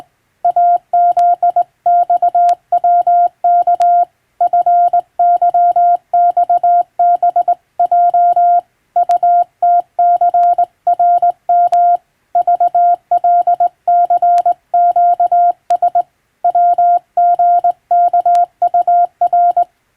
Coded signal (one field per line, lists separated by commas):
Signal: Morse code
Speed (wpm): 20 wpm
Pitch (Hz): 700 Hz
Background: none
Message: AZXWK FYXBJ UTCRM VLCQS WGKUR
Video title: 電鍵を駆使してモールス符号を打つ無線通信士という仕事が昭和にはありました。国家試験でモールスを打つ実技試験もありましたよ。懐かしいモールス信号を聴いてみませんか？morse code practice